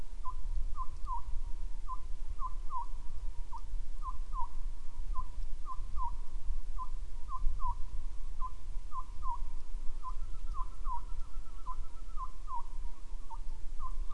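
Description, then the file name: Bird giving a long run of short, slurred notes at a steady mid pitch, often in quick pairs, over continuous low-frequency rumble. "mainly bird"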